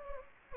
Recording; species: mosquito wingbeat signal from an infrared sensor; Anopheles gambiae